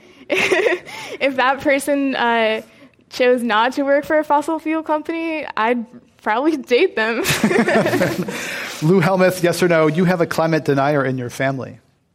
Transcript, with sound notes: if that person chose not to work for a fossil fuel company, I’d probably date them.
[Laughter]
Lou Helmuth, yes or no. You have a climate denier in your family?